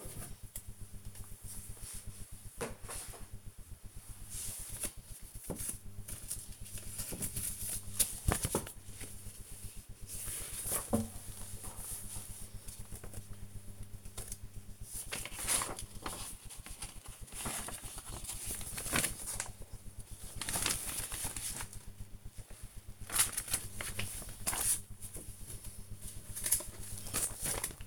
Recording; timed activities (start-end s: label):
household activities, microphone on the right wrist
0.00-27.87 s: sorting documents